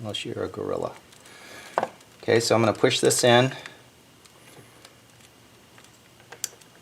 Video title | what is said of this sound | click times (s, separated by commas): 1997 Toyota Camry V6 Upstream Oxygen (O2) Sensors Remove & Replace | i hear the connector snap or see it go down which i did both | 6.4 s